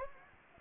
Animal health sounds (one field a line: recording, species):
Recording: mosquito wingbeat signal from an infrared sensor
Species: Anopheles gambiae